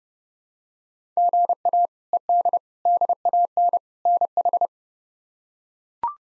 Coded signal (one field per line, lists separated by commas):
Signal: Morse code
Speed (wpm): 30 wpm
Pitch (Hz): 700 Hz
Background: none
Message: GA ED DAN NH